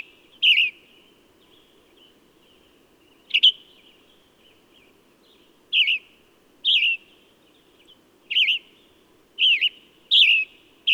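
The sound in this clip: Bird calling with about eight short, slurred chirps, sparse at first and then coming faster toward the end, over a faint continuous tone and hum.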